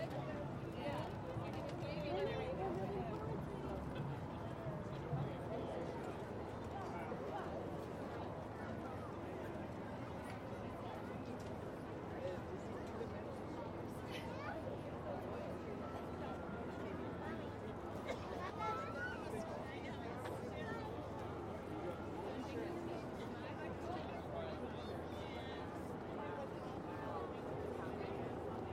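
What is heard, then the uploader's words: A women's march: a dense, steady murmur of many voices talking at once throughout, with occasional brief louder calls rising above the crowd. WOMXNS MARCH_raw_04 by Andy "soundeziner" Martin.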